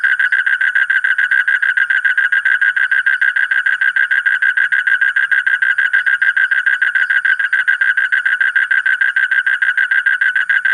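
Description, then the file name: Asian common toad calling with a long, even trill of quick pulsed notes, unchanging from start to finish. "suara kodok bangkong kolong kodok buduk"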